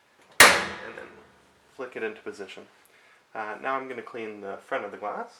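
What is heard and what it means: The bottom cam lock on a gas fireplace's glass door frame is flicked into position, locking the door against the sheet-steel firebox with a single sharp metallic snap at 0.4 s. The lock seats, and afterward someone talks.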